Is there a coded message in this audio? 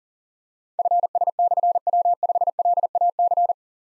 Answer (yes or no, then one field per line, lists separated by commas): yes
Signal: Morse code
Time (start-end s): 0.8-3.5 s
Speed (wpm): 39 wpm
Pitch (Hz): 700 Hz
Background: none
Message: FS/W5LAC